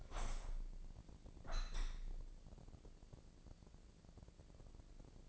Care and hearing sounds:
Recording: daily activity, microphone in the room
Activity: open window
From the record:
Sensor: 5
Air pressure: 1012.4 hPa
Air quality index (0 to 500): 156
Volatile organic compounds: 2 ppm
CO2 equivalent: 1059 ppm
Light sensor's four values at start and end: 111/266/113/125 and 111/267/113/125

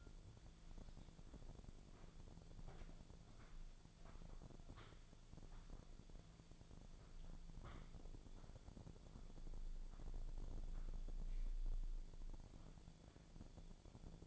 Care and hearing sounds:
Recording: daily activity, microphone in the room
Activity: walk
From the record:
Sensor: 5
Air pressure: 1008.3 hPa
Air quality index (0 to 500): 152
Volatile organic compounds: 3 ppm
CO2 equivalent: 1464 ppm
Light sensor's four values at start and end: 64/178/70/71 and 64/178/70/71

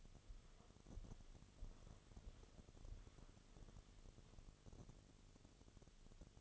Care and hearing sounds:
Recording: daily activity, microphone in the room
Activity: walk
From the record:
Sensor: 4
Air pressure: 1016.2 hPa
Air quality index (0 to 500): 162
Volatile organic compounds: 6 ppm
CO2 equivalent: 1849 ppm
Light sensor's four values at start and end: 9/20/8/7 and 9/20/8/7

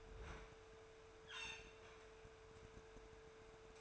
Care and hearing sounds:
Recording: daily activity, microphone in the room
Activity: open fridge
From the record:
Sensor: 2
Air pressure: 1014.8 hPa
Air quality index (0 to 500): 196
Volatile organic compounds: 17 ppm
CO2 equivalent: 2594 ppm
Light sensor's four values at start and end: 26/63/27/30 and 26/63/27/30

